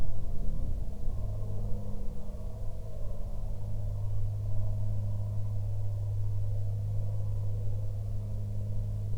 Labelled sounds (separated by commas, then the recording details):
aircraft
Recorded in the Prudhoe Bay oil fields, Alaska, on 15 June 2019 at 10:28
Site 16